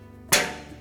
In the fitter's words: Just press it through until it snaps in place.